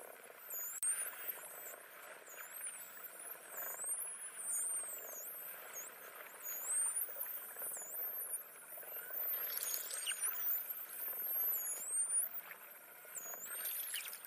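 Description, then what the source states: Dolphin whistles, dense high swooping and looping tones nearly continuous throughout, above a steady crackling underwater hiss. Voices with whistles.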